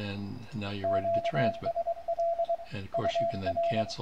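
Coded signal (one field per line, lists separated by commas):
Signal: Morse code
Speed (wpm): 23 wpm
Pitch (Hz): 680 Hz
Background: speech, radio noise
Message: QSL UR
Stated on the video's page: Morse code sent from typed text via RS-BA1 software's CW keyboard, buffer and pre-programmed messages, on local or remote radios.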